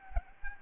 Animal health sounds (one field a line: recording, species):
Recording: mosquito wingbeat signal from an infrared sensor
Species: Aedes albopictus